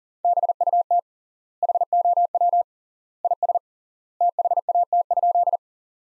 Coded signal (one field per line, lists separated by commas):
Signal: Morse code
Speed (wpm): 40 wpm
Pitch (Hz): 700 Hz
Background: none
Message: BUT HOW IS THAT?